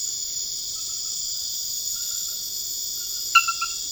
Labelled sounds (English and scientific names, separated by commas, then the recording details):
none
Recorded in secondary vegetation near Puerto Asís, Putumayo, Colombia, on 13 March 2025 at 00:00
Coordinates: 0.488, -76.319
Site G095